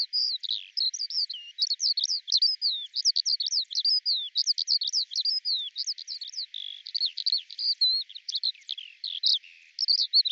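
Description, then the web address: Eurasian skylark song: a sustained outpouring of rapid, high twittering phrases and short trills, varied and nearly without breaks. "cianscape birddata Deverinetal 2025 Bird Al Ar"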